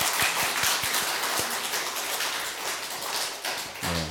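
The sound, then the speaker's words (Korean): An audience at a worship service applauds in praise to God steadily for about four seconds, a dense, even crackle of many hands clapping, with a few sharper claps standing out. A low tone enters briefly at the very end. “하나님께 영광의 박수 한 번 더 돌려드리겠습니다.”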